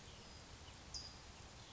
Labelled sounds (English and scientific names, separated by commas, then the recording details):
California Towhee (Melozone crissalis)
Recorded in Sonoma County, California